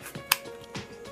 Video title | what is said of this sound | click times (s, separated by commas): DIY Mothers Day Gift: 'Mom"pliment Magnet Frame | you did it right so the card work will snap right into place really easily just | 0.3 s